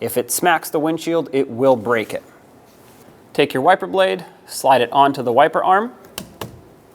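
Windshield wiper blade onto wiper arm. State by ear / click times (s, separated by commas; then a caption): seated / 6.2 s, 6.4 s. Someone talks while a new windshield wiper blade is slid onto the metal wiper arm of a 2000-2005 Ford Excursion. The blade is pulled up until its plastic adapter clicks into place, with two sharp, short clicks at 6.2 s and 6.4 s, and the blade is seated on the arm.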